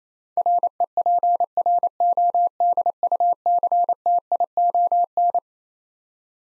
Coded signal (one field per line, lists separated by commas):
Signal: Morse code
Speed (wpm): 28 wpm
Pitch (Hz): 700 Hz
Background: none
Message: REPRODUCTION